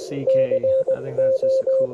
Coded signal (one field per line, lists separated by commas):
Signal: Morse code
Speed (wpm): 21 wpm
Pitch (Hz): 530 Hz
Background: speech, radio noise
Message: CO